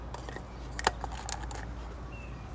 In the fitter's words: an oil filter I'm just going to snap in place